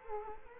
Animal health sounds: mosquito wingbeat signal from an infrared sensor; Culex quinquefasciatus

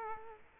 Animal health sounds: mosquito wingbeat signal from an infrared sensor; Culex quinquefasciatus

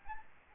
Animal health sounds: mosquito wingbeat signal from an infrared sensor; Aedes albopictus

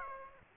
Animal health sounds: mosquito wingbeat signal from an infrared sensor; Aedes aegypti

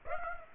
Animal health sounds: mosquito wingbeat signal from an infrared sensor; Aedes aegypti

